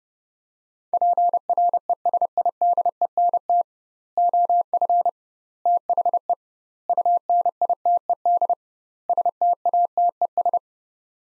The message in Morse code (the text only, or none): PRESIDENT OF THE UNITED STATES